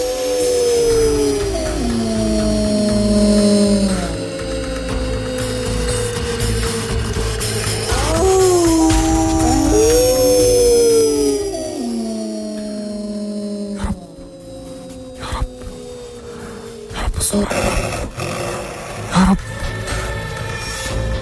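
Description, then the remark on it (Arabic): Several long, wavering howls rise and fall over one another, sustained and fairly loud, like a pack of wolves or dogs, before giving way to rougher bursts of noise. “بدأ صوت الديابة أو الكلاب ده يملى المكان كله.”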